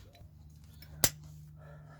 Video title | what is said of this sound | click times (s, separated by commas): Refurbishing the back brake Calipers, new disks, brake pads, handbrake shoes on a ROVER 75 | and that's it clicked in all | 1.0 s